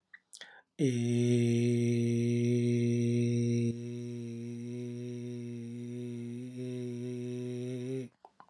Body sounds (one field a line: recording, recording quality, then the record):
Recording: sustained vowel as in made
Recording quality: excellent, no background noise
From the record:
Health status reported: healthy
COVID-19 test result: not tested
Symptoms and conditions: none ticked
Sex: male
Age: 44 years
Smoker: not ticked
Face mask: not worn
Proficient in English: yes